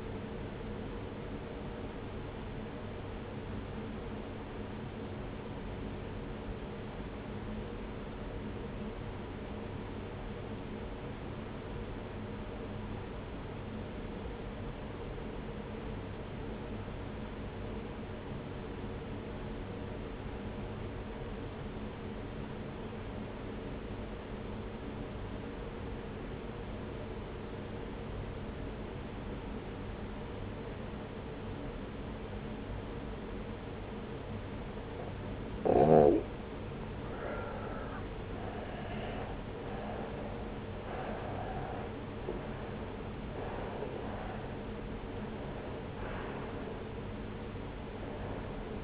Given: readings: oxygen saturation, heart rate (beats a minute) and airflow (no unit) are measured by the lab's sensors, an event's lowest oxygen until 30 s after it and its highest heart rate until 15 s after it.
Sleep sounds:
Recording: breathing in sleep by a voice recorder at the bedside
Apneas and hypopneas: 1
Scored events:
6.00-39.10 s: obstructive apnea (N1, oxygen 95% highest, then 84% lowest)
From the record:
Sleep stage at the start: N1 (lightest sleep)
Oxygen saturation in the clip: 84 to 95%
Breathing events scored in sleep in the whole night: 303 in 8.1 hours asleep

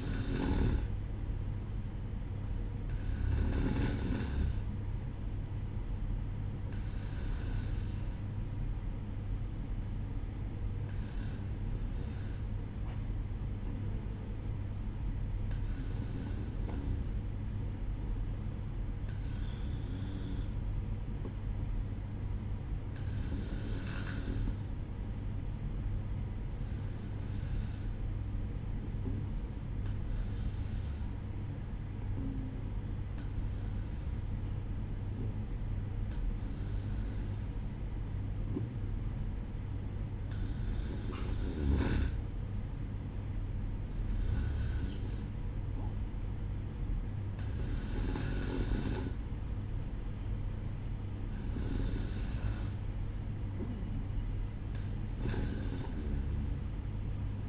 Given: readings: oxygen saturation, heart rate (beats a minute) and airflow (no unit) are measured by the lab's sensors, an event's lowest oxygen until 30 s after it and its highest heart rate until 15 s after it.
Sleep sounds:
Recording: breathing in sleep by a smartphone at the bedside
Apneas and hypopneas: none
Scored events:
30.00-57.49 s: new sleep stage, N2 (light sleep)
From the record:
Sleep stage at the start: N1 (lightest sleep)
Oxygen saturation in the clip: 93 to 94%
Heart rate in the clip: 60 to 68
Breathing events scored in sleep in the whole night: 305 in 9.6 hours asleep

